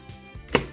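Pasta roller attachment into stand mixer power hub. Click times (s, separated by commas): 0.6 s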